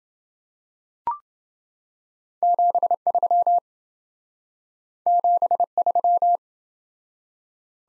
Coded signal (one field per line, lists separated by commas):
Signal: Morse code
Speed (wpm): 28 wpm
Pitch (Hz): 700 Hz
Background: none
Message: 73 73